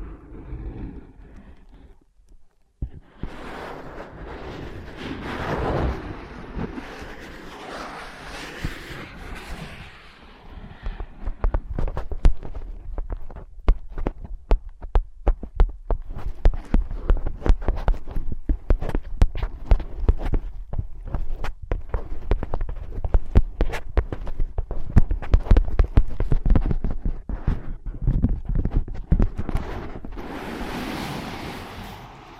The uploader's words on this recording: ASMR Using Ear Pads as Your Ears Tapping, Scratching, Tracing No Talking.